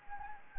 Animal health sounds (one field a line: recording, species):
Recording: mosquito wingbeat signal from an infrared sensor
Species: Anopheles gambiae